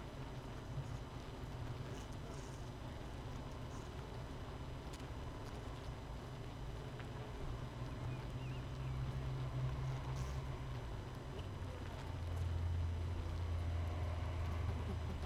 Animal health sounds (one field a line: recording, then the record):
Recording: honeybee colony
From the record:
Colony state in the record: missing queen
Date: 31 May 2018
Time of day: 5:22